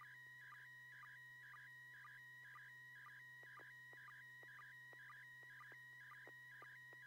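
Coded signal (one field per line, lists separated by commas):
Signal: SSTV (slow-scan television)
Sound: warbling tone around 2 kHz with regular short lower chirps, steady background hum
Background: steady hum tones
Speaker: TV net this net serves for training and practice in image transmission modes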